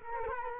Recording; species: mosquito wingbeat signal from an infrared sensor; Culex quinquefasciatus